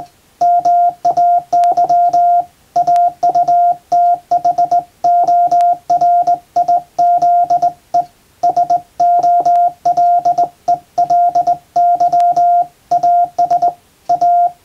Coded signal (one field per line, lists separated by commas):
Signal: Morse code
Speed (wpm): 20 wpm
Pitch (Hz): 700 Hz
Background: radio noise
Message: MAY AUTHORIZE SOLELY AS A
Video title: プロの船舶通信士が使用した絶品の電鍵！憧れの日本無線ＪＲＣの電鍵ＫＹ－３Ａで欧文モールス電報を叩く！ morse practice using JRC straight key